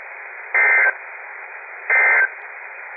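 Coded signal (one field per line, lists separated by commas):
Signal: Emergency Alert System (SAME) tones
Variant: end-of-message bursts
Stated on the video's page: Required Weekly Tests from three NOAA weather radio transmitters in Tennessee.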